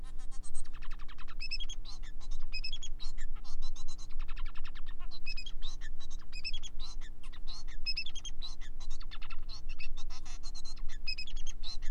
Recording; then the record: song of a male Bengalese finch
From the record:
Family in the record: son of father 4